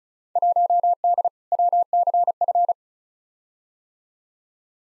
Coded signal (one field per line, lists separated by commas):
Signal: Morse code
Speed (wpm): 34 wpm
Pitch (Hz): 700 Hz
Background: none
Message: 1D WCF